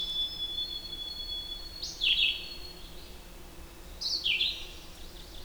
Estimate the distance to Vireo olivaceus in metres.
about 5 m